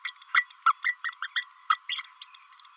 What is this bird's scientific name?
Forpus passerinus